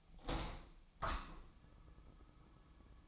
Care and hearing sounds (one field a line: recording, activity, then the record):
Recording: daily activity, microphone in the room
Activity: open window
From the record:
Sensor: 1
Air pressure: 1004.7 hPa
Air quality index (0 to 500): 112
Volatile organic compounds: 4 ppm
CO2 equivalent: 1553 ppm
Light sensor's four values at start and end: 8/20/8/8 and 8/21/8/9